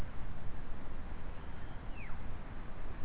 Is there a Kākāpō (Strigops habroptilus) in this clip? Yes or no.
no